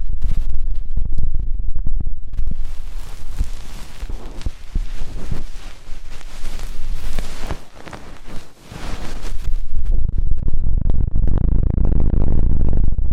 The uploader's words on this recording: ASMR INTENSE Deep Ear Cleaning (No Talking).